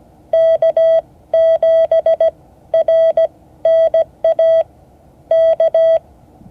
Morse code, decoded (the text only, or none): K7RNA K